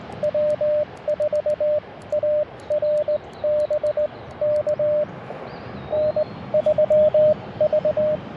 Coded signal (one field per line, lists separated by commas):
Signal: Morse code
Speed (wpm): 19 wpm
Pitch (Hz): 590 Hz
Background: radio noise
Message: W4 ARB K N3V